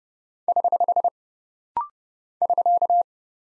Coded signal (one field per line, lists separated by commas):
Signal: Morse code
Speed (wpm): 30 wpm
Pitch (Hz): 700 Hz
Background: none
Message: <HH> <SK>